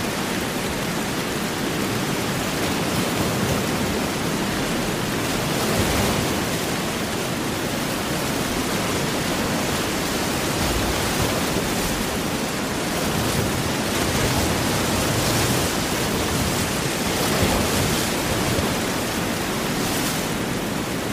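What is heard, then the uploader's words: Heavy rain and ocean surf merge into a dense, steady roar, with brief brighter swells of spray every few seconds. Heavy Rain & Big Ocean Waves | Rainstorm Sounds White Noise.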